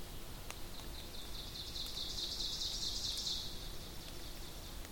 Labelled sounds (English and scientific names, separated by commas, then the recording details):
Ovenbird (Seiurus aurocapilla) song
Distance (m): 60 m
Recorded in boreal forest in Alberta, Canada, on 2 June 2016 at 07:37
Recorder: SongMeter 3, array SBT-3-7
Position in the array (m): 208 m, 86 m
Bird 6